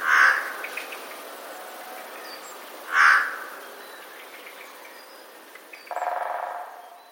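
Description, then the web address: Eurasian jay giving two hoarse screeching calls about three seconds apart, then a softer buzzy rasp near the end, against faint steady hiss. Recorded 20 March 2022. "wroblowe ostrzegator sojka"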